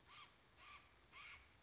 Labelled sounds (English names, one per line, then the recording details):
Steller's Jay
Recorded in Sonoma County, California